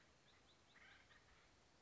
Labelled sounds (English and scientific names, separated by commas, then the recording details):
Acorn Woodpecker (Melanerpes formicivorus)
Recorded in Sonoma County, California